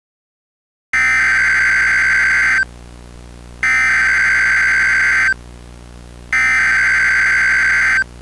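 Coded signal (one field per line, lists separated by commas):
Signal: Emergency Alert System (SAME) tones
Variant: header bursts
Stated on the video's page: Fictional alert scenario, not a real alert.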